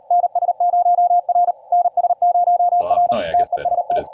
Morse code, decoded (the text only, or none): NS0R NS0R TEST